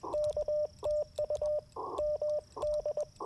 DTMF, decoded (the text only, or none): none